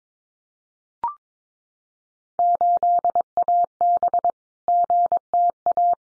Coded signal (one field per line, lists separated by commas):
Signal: Morse code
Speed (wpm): 22 wpm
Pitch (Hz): 700 Hz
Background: none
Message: 8AB GTA